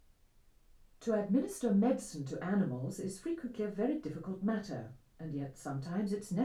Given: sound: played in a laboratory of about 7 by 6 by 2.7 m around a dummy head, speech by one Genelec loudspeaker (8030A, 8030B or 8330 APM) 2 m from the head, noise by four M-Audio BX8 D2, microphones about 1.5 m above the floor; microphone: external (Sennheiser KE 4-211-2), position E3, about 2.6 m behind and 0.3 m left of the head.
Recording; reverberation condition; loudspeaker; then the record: female speech in English; low; 120 degrees to the left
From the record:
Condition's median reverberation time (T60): about 310 ms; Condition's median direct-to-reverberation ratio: about 3.5 dB